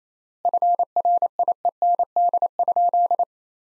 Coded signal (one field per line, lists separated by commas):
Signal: Morse code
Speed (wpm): 28 wpm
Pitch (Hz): 700 Hz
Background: none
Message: FRIEND?